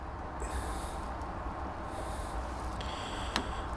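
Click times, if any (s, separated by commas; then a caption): 3.4 s. A 4.5 mm tungsten jig-off bead (jig back) is pressed with a little pressure onto a bed of floss on top of a fly hook shank. Against a steady low background hiss, it snaps into place with a single sharp click at 3.4 seconds, and the floss gives it a tight fit.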